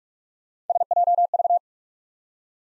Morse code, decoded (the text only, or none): SJV